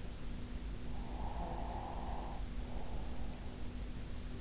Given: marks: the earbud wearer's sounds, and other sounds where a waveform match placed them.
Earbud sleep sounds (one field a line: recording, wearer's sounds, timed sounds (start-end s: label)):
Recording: sounds in sleep by an in-ear microphone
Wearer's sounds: breath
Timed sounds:
0.75-3.49 s: breath